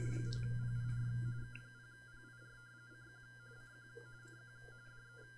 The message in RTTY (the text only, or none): 0PIR K0PIR CQ CQ CQ DE